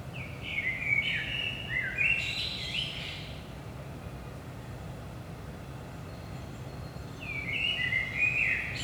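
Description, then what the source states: Common blackbird song, a rich whistled phrase with a scratchy high finish, followed by a long pause and the start of the next phrase. Blackbird at 5 am in the early morning, Saint-Gilles, Belgium; DPA 4060 microphones in AB position into a Zoom F3.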